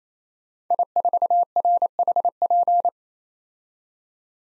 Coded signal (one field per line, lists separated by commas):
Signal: Morse code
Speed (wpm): 27 wpm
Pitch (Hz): 700 Hz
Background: none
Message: I4RHP